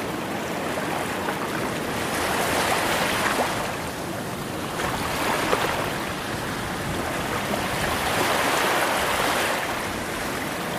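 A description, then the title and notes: Ocean waves wash in a steady, dense hiss, swelling gently around four, seven and nine seconds, with a soft low rumble underneath. Secret Beach Ocean Waves White Noise.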